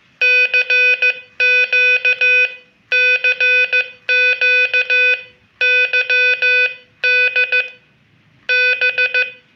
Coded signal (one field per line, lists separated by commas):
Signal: Morse code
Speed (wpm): 15 wpm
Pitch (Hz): 2500 Hz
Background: none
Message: CQ CQ YDB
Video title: Decoder CW by YB1BBW